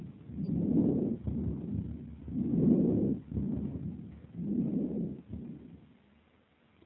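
Harsh, even breath sounds with faint crackling: bronchovesicular breathing with characteristic crepitation heard on the right, over the chest area symmetrical to the left subclavian region, in an adult with a primary tuberculous complex in the upper lobe of the right lung.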